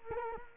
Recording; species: mosquito wingbeat signal from an infrared sensor; Culex quinquefasciatus